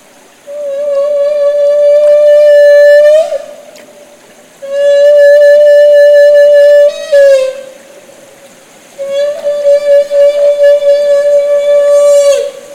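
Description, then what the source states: Humpback whale feeding calls: three loud, sustained harmonic tones, each lasting about three seconds, separated by short quiet gaps. Call made during bubble-net feeding.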